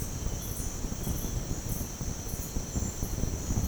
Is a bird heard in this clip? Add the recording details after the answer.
no. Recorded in pastures near Puerto Asís, Putumayo, Colombia, on 22 June 2025 at 10:00. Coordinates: 0.496, -76.326. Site GP01